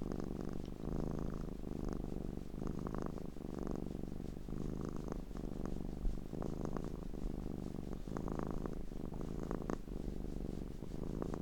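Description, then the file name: Domestic cat purring, deep and unbroken, with faint rustling. Cat purring while being petted. "Digiffects Sound Effects Library - Cat Purring and Being Petted"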